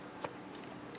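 An exterior access cover on a 2020 Lance 2075 RV is set into its sidewall frame with its bottom tabs engaged first, then pressed in until it sits fully seated and flush, before the turn latches are locked. Two short, sharp clicks are heard at 0.3 s and 1.0 s over a quiet background. The cover ends up seated.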